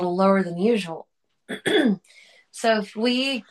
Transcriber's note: clears throat